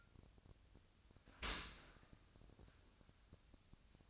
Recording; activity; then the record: daily activity, microphone in the room; open dishwasher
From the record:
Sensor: 2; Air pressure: 1002.9 hPa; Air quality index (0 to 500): 199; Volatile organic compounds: 6 ppm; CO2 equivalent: 1887 ppm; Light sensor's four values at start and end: 14/34/15/16 and 14/34/15/16